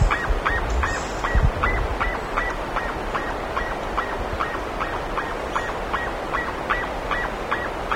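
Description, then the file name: Bird giving a long run of brief nasal honks in quick succession over a constant rushing background, with faint high chirps now and then. "SABIOD 50 bird 2015"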